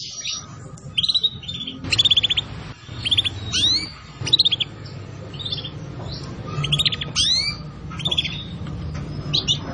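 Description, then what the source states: Atlantic canary song, bursts of sharp chirps and downward-sweeping whistles repeated in short phrases over a steady low hum. Song used as a lure to attract birds.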